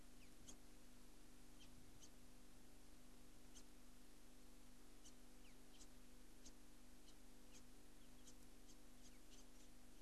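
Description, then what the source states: Yellow-tufted Honeyeater calls: short, sharp, high chips scattered irregularly throughout, some in quick pairs, over a steady low hum. Recorded at Girraween.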